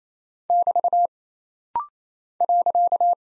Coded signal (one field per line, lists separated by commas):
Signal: Morse code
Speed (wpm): 27 wpm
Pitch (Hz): 700 Hz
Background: none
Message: <BT> .